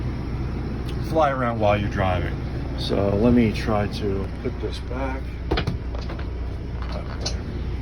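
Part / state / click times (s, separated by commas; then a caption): TV swing mount into its wall travel lock / seated / 7.3 s. A man talks while swinging the swing-out TV mount in a 2018 Jayco Redhawk 25R Class C RV back against the wall. Several knocks and taps sound from about 5.5 s onward. The mount clicks into its wall travel lock at 7.3 s, locking the TV in place so it cannot move while driving.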